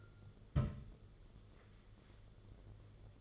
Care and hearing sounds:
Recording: daily activity, microphone in the room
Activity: place on stove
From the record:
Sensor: 4

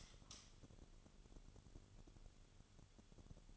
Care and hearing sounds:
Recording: daily activity, microphone in the room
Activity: light on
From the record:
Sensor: 4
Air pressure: 1008.7 hPa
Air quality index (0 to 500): 98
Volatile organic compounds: 1 ppm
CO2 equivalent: 739 ppm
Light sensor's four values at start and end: 12/28/11/11 and 13/30/12/11

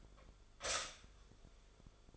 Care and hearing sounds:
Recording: daily activity, microphone in the room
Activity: stop toaster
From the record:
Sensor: 5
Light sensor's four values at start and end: 15/36/14/13 and 15/36/14/13

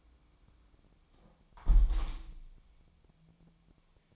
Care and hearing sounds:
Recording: daily activity, microphone in the room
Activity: close window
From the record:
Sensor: 1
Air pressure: 1000.4 hPa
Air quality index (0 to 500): 178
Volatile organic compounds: 4 ppm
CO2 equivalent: 1633 ppm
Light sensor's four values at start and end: 10/25/10/12 and 10/24/10/11

